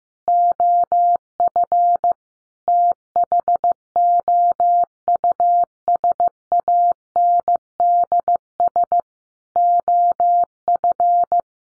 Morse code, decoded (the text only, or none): OF THOUSANDS OF